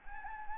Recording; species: mosquito wingbeat signal from an infrared sensor; Anopheles arabiensis